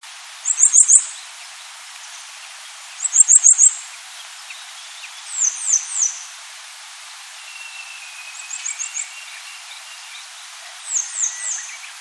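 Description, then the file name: Grey wagtail giving sharp, high calls: clusters of two to four thin, ticking notes every two to three seconds, with a faint thin whistle in the background. "kisekirei"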